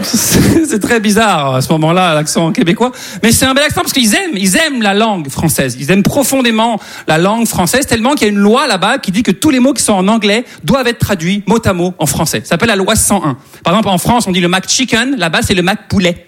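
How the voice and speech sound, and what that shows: An adult speaks fluent, lively French in a comic monologue; clear, ordinary speech with normal voice and rhythm.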